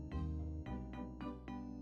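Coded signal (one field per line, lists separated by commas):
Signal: none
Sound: background music notes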